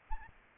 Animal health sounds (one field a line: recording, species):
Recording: mosquito wingbeat signal from an infrared sensor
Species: Aedes aegypti